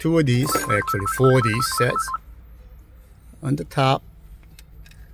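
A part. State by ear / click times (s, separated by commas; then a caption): seated / 4.6 s. Someone talks while a flat metal radio removal key is pushed into a cutout in the corner of the front of a 2003 Audi A4 car radio head unit. After the talking stops, a few faint ticks lead to a sharp click at 4.6 s as the key engages the internal release and seats in the release slot.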